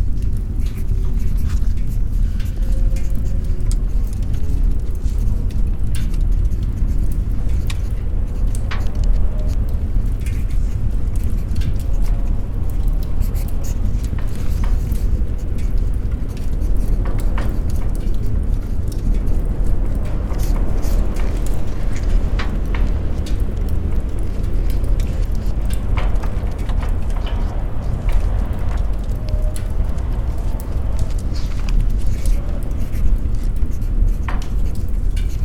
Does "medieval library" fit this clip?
yes